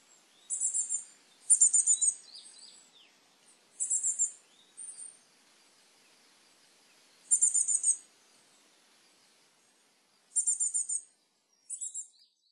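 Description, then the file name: Coal tit song: short bursts of rapid, very high repeated notes, given every few seconds with silent gaps between phrases. Recorded on 18 June 2014 on Sado Island. "higaraj osado"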